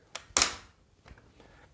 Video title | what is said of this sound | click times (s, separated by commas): Axkid One 2 - Facebook Live - Pushchair Expert with Axkid | Click clunk so hopefully you can hear it | 0.4 s